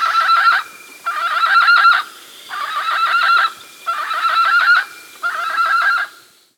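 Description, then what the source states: Andean guan giving harsh, buzzy honking calls in bursts of about a second, repeated five times with short pauses between, against a quiet background. South America.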